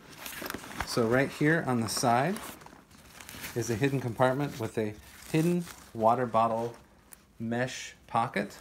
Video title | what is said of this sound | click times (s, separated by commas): Targus Mobile Tech Traveler Eco Smart XL Backpack 15.6” 35L Review 12-1-22 | this around you that snaps into place pretty simply | 0.5 s, 0.8 s